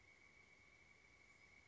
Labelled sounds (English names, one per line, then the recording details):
Pileated Woodpecker
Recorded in Sonoma County, California